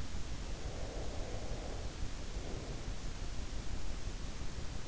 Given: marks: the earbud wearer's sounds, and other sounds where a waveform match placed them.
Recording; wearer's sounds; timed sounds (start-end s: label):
sounds in sleep by an in-ear microphone; breath
0.52-3.05 s: breath